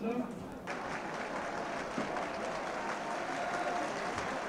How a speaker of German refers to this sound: Der Beifall, den Sie jetzt hören hier, meine Damen und Herren, gilt keiner Mannschaft, sondern er gilt König Baudouin und Königin Fabiola von Belgien, die jetzt kurz vor Beginn der zweiten Halbzeit